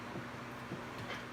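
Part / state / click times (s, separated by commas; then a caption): metal flip lid on a lighter case / not seated / none. Someone handles the metal hinged flip lid of a souvenir lighter case, one with an insert that pulls out and a code on the bottom. Only faint, low-level handling rustle is heard, and nothing has clicked or seated yet.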